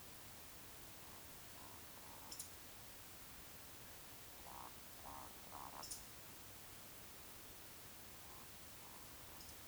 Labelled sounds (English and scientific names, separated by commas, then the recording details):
Eurasian Woodcock (Scolopax rusticola) whistle, Eurasian Woodcock (Scolopax rusticola) croak
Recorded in Baden-Württemberg, Germany, on 19 June 2020 at 20:04 UTC
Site 49006, 684 m above sea level